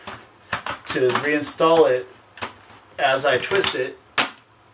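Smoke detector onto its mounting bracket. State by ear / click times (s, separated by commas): seated / 4.2 s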